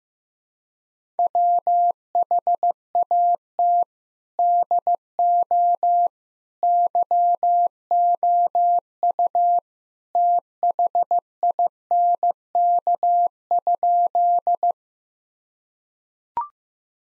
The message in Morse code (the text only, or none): WHAT DO YOU THINK?